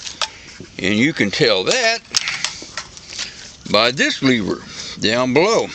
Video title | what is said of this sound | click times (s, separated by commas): ARInstruction1 | I just do that it's it's snap right into place and | 0.1 s, 0.2 s